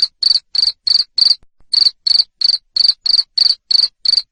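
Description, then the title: Cricket giving loud high chirps in quick succession, a short pause near one and a half seconds, then resuming. Loud cricket chirping used to stimulate lovebirds to sing continuously. "Suara JANGKRIK NGERIK Keras Bikin LOVEBIRD Jadi NGEKEK Terus Vubey"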